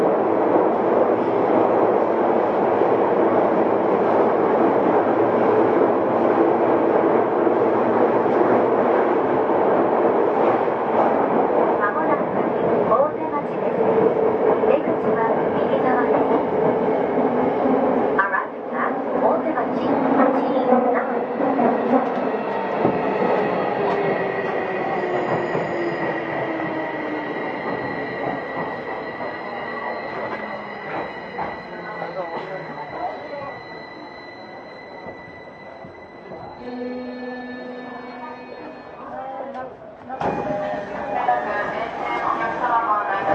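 A Tokyo Metro 05 series wide-door train rumbles steadily, then slows with a falling motor whine and squealing brakes, stopping near forty seconds.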